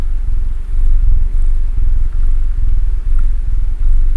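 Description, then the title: Domestic cat purring, a deep steady rumble broken into breath cycles, with no other clear sounds. Domestic cat purring while snuggling. "ASMR Cat Snuggles REAL PURRING"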